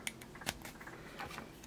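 Plastic toy rockets are pushed one after another into an action figure's plastic backpack, making sharp plastic clicks at 0.1 s and 0.5 s, with fainter taps and rustles between them. The rockets go in easily and seat in the backpack.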